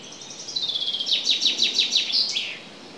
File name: Fringilla coelebs